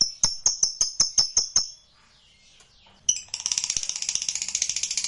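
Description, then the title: Lovebird giving a quick run of sharp high chirps, a brief gap, then a dense buzzy chattering burst that continues to the end. Used to provoke a reluctant lovebird into singing spontaneously. "LOVEBIRD Malas Bunyi JADI GREGET SPONTAN Langsung NARIK"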